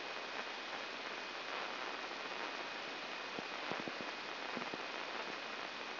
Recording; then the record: brain microelectrode recording played as sound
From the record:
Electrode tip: inside the subthalamic nucleus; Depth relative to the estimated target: 0 mm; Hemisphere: left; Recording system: AlphaMap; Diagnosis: Parkinson's disease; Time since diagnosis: 11 years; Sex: female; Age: 62 years